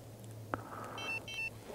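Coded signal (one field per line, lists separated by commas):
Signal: beep code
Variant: Garmin GPSMAP 67i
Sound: a click, then two short chirpy electronic beeps about a third of a second apart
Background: low hum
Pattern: 2 short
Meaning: Two beeps mean the weather forecast has arrived by satellite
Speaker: when I get the forecast it'll be two beeps so we're going to see how long it takes to get that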